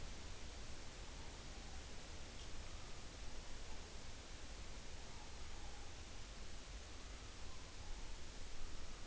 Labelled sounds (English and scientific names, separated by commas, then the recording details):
Morepork (Ninox novaeseelandiae) more-pork call
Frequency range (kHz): Morepork (Ninox novaeseelandiae) 0.6-1.1 kHz
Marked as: faintness 5/5, faintness 4/5
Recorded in New Zealand on 11 September 2013
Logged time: 02:19
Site Ponui